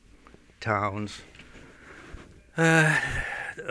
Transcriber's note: he sighs